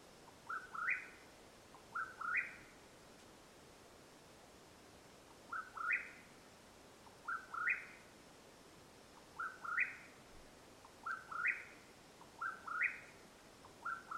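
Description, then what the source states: Mexican whip-poor-will repeating its husky, upward-stepping whistled phrase several times, with one longer pause, against a calm night background. Calling at nightfall in Madera Canyon, Arizona, USA, on 21 April 2022.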